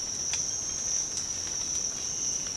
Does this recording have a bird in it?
no